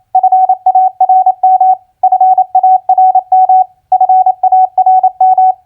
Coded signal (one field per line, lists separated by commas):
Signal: Morse code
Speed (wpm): 28 wpm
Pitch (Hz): 750 Hz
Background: none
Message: FARM FARM FARM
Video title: Morse Code Practice Word Recognition FARM-LAND-CROP 28wpm